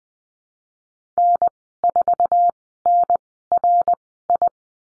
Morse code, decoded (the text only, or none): N4NRI